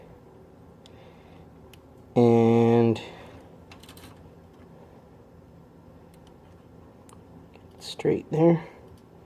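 A plastic wiring connector on the projector headlight harness of a Ford truck's switchback halo headlights is handled near its mating plug, where its locking tab will engage. Faint scattered ticks and handling noises are heard, with a loud steady harmonic buzzing tone from about 2.2 to 2.9 s, and someone talks briefly near the end. Nothing has seated or clicked yet.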